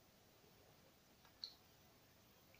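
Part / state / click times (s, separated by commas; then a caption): detachable controller into handheld console side rail / partly seated / 1.4 s. A plastic Nintendo Switch Joy-Con controller is slid onto the console's side rail, giving a small, sharp click at 1.4 s against a quiet background. The controller is on the rail but not fully seated.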